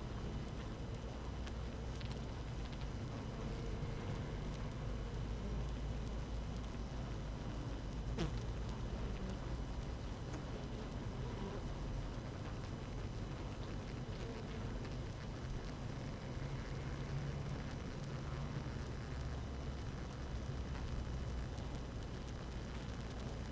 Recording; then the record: honeybee colony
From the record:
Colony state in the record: active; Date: 12 June 2018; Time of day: 6:13